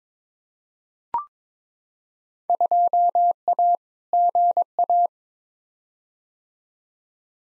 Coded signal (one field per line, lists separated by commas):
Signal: Morse code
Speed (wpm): 22 wpm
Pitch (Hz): 700 Hz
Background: none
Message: 2A GA